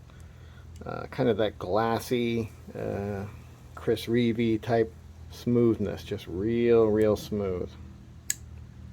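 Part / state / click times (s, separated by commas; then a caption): folding knife blade lock engaging in the handle / seated / 8.3 s. Someone talks for most of the clip before a Spydie Chef folding knife with a titanium handle and LC200N blade is opened. Its blade lock engages in the handle with a single sharp click at 8.3 s. The blade locks open with a neat click rather than a loud clack.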